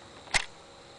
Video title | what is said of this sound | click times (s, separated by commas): Troubleshooting a Yugoslavian M53/MG42 8mm Semiautomatic Machine Gun | you hear it click and it load around | 0.4 s